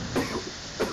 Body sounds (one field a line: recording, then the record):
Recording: coughing mixed with background sound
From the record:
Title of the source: Coughing 77